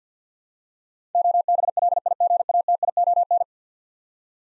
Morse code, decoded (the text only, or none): OBLIGATION